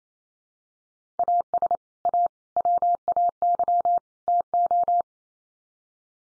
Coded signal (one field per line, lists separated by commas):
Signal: Morse code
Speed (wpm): 28 wpm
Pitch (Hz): 700 Hz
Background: none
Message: AS A WAY TO